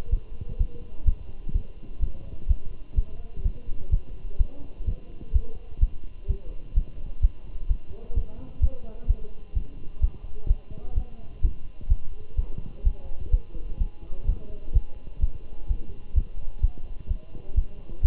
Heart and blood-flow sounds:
heart sounds by stethoscope; between the tricuspid and mitral areas; 127 bpm
0.13 s: heartbeat
0.60 s: heartbeat
1.07 s: heartbeat
1.55 s: heartbeat
2.03 s: heartbeat
2.49 s: heartbeat
2.98 s: heartbeat
3.45 s: heartbeat
3.92 s: heartbeat
4.40 s: heartbeat
4.88 s: heartbeat
5.35 s: heartbeat
5.82 s: heartbeat
6.30 s: heartbeat
6.77 s: heartbeat
7.23 s: heartbeat
7.70 s: heartbeat
8.17 s: heartbeat
8.63 s: heartbeat
9.09 s: heartbeat
9.56 s: heartbeat
10.03 s: heartbeat
10.50 s: heartbeat
10.97 s: heartbeat
11.44 s: heartbeat
11.91 s: heartbeat
12.38 s: heartbeat
12.86 s: heartbeat
13.33 s: heartbeat
13.81 s: heartbeat
14.28 s: heartbeat
14.75 s: heartbeat
15.23 s: heartbeat
15.70 s: heartbeat
16.17 s: heartbeat
16.63 s: heartbeat
17.11 s: heartbeat
17.57 s: heartbeat
18.04 s: heartbeat
From the record:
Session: Bruce protocol treadmill stress test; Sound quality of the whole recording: good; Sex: male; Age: 27 years

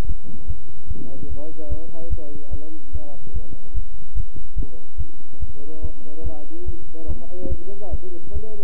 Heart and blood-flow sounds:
heart sounds by stethoscope; between the tricuspid and mitral areas; 145 bpm
0.07 s: heartbeat
0.48 s: heartbeat
0.88 s: heartbeat
1.29 s: heartbeat
1.70 s: heartbeat
2.10 s: heartbeat
2.51 s: heartbeat
2.93 s: heartbeat
3.34 s: heartbeat
3.74 s: heartbeat
4.15 s: heartbeat
4.56 s: heartbeat
4.98 s: heartbeat
5.40 s: heartbeat
5.82 s: heartbeat
6.24 s: heartbeat
6.66 s: heartbeat
7.08 s: heartbeat
7.50 s: heartbeat
7.91 s: heartbeat
8.33 s: heartbeat
From the record:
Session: bicycle stress test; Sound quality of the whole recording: good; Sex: male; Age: 23 years

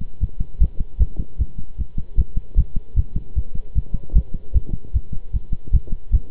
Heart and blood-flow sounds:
heart sounds by stethoscope; between the tricuspid and mitral areas; 152 bpm
0.21 s: heartbeat
0.60 s: heartbeat
1.00 s: heartbeat
1.39 s: heartbeat
1.78 s: heartbeat
2.17 s: heartbeat
2.57 s: heartbeat
2.96 s: heartbeat
3.36 s: heartbeat
3.75 s: heartbeat
4.15 s: heartbeat
4.54 s: heartbeat
4.94 s: heartbeat
5.33 s: heartbeat
5.73 s: heartbeat
6.13 s: heartbeat
From the record:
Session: pedaling a stationary bicycle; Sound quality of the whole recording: good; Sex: male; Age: 23 years

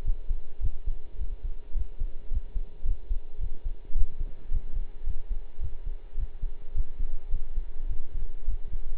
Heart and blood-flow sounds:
heart sounds by stethoscope; between the tricuspid and mitral areas; 107 bpm
0.03 s: heartbeat
0.61 s: heartbeat
1.18 s: heartbeat
1.74 s: heartbeat
2.30 s: heartbeat
2.85 s: heartbeat
3.39 s: heartbeat
3.94 s: heartbeat
4.50 s: heartbeat
5.05 s: heartbeat
5.60 s: heartbeat
6.16 s: heartbeat
6.73 s: heartbeat
7.30 s: heartbeat
7.88 s: heartbeat
8.46 s: heartbeat
From the record:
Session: pedaling a stationary bicycle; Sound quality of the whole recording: partially saturated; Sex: male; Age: 23 years

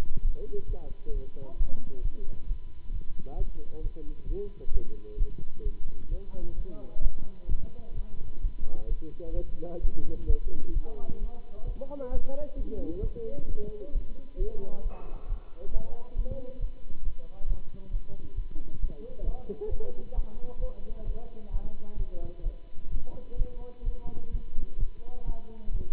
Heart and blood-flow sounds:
heart sounds by stethoscope; between the tricuspid and mitral areas; 132 bpm
0.21 s: heartbeat
0.66 s: heartbeat
1.11 s: heartbeat
1.56 s: heartbeat
2.01 s: heartbeat
2.46 s: heartbeat
2.91 s: heartbeat
3.36 s: heartbeat
3.81 s: heartbeat
4.26 s: heartbeat
4.71 s: heartbeat
5.16 s: heartbeat
5.62 s: heartbeat
6.08 s: heartbeat
6.54 s: heartbeat
7.01 s: heartbeat
7.47 s: heartbeat
7.94 s: heartbeat
8.40 s: heartbeat
8.87 s: heartbeat
9.33 s: heartbeat
9.80 s: heartbeat
10.26 s: heartbeat
10.72 s: heartbeat
11.18 s: heartbeat
11.64 s: heartbeat
12.10 s: heartbeat
12.56 s: heartbeat
13.01 s: heartbeat
13.46 s: heartbeat
13.91 s: heartbeat
14.36 s: heartbeat
14.82 s: heartbeat
15.26 s: heartbeat
15.71 s: heartbeat
16.15 s: heartbeat
16.59 s: heartbeat
17.02 s: heartbeat
17.46 s: heartbeat
17.90 s: heartbeat
18.34 s: heartbeat
18.79 s: heartbeat
19.23 s: heartbeat
19.68 s: heartbeat
20.13 s: heartbeat
20.58 s: heartbeat
21.04 s: heartbeat
21.50 s: heartbeat
21.96 s: heartbeat
22.42 s: heartbeat
22.89 s: heartbeat
23.36 s: heartbeat
23.83 s: heartbeat
24.30 s: heartbeat
24.77 s: heartbeat
25.24 s: heartbeat
25.71 s: heartbeat
From the record:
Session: Bruce protocol treadmill stress test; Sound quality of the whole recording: good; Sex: male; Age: 26 years

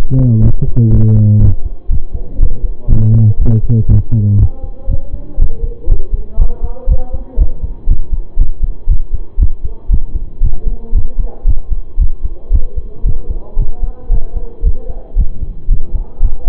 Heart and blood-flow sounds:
heart sounds by stethoscope; between the tricuspid and mitral areas; 118 bpm
0.42 s: heartbeat
0.91 s: heartbeat
1.40 s: heartbeat
1.89 s: heartbeat
2.39 s: heartbeat
2.88 s: heartbeat
3.38 s: heartbeat
3.88 s: heartbeat
4.38 s: heartbeat
4.88 s: heartbeat
5.38 s: heartbeat
5.88 s: heartbeat
6.38 s: heartbeat
6.88 s: heartbeat
7.38 s: heartbeat
7.87 s: heartbeat
8.37 s: heartbeat
8.88 s: heartbeat
9.38 s: heartbeat
9.89 s: heartbeat
10.41 s: heartbeat
10.93 s: heartbeat
11.45 s: heartbeat
11.98 s: heartbeat
12.51 s: heartbeat
13.04 s: heartbeat
13.57 s: heartbeat
14.10 s: heartbeat
14.63 s: heartbeat
15.16 s: heartbeat
15.69 s: heartbeat
16.21 s: heartbeat
From the record:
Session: pedaling a stationary bicycle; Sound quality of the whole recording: saturated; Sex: male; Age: 25 years

